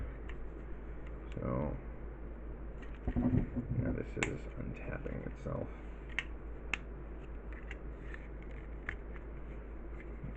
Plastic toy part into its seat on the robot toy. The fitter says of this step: Come on. Why is this not sitting